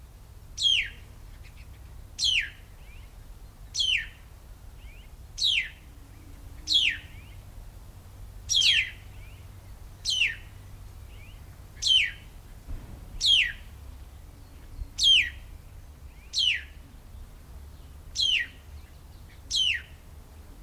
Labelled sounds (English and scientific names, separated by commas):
White-browed Laughingthrush (Garrulax sannio) call